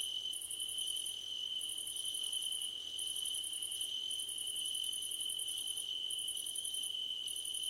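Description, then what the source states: Cricket chorus: shrill pulsed trills in bursts of about a second or more with brief gaps, over an even, steady high note. Crickets at night under a starlit sky, nighttime ambience.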